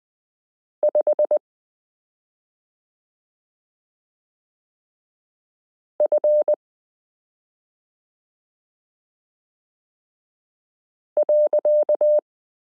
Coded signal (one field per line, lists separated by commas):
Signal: Morse code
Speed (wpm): 20 wpm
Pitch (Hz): 600 Hz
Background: none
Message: 5 F .